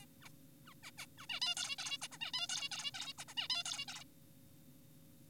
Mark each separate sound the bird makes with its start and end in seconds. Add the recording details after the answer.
0.02-0.06, 0.22-0.29, 0.66-0.74, 0.83-0.91, 0.98-1.06, 1.18-1.26, 1.30-1.40, 1.42-1.55, 1.57-1.76, 1.79-1.98, 2.02-2.08, 2.12-2.18, 2.21-2.32, 2.34-2.47, 2.50-2.69, 2.72-2.91, 2.94-3.13, 3.18-3.25, 3.28-3.34, 3.37-3.48, 3.50-3.64, 3.66-3.85, 3.88-4.04. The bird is an adult. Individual g4p5U